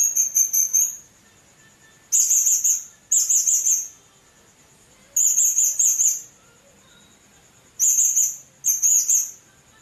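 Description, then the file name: Blue-crowned hanging parrot repeating short bursts of very high, shrill, warbled chirps, with pauses between the bursts. "serindit"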